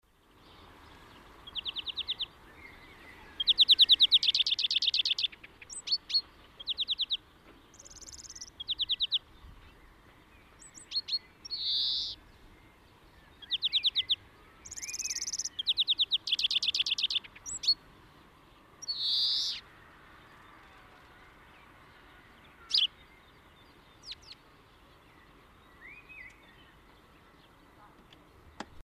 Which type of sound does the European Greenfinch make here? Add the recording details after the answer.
song. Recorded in the wild. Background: Turdus merula. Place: St. Martin, Appenzeller Land, Rheinland-Pfalz, DE. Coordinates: 49.3004, 8.1015. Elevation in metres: 241. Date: 1976-04-20. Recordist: Tretzel, Erwin. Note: St. Martin: Gesang mit Imitation von Kohlmeise "dack pink pink" und Kleiber